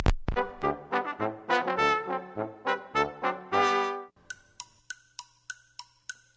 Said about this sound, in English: Tick-tock, tick-tock, the Toontown Clock Repair Shop.